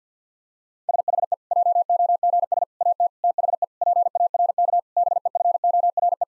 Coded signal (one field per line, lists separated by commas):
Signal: Morse code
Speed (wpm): 50 wpm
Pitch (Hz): 700 Hz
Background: none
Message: SHE JOGS AT THE PARK BEFORE